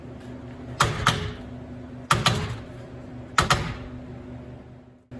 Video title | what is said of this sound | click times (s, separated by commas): Thule Motion XT-Alpine 629506 Cargo Box | once you have the box in position you'll want to tighten the knobs atop the clamps until you hear a clicking sound indicating it has been tightened fully | 0.8 s, 2.1 s, 3.4 s